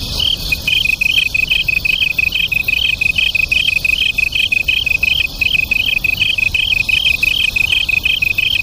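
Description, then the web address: Japanese tree cricket duet. A continuous lower trill is joined almost at once by a higher voice pulsing about three times per second, both running steadily throughout. Local name kantan; two crickets singing as a duet. "sikioto insect kantanduet"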